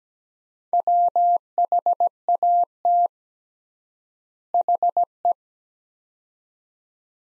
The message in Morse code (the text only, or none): WHAT HE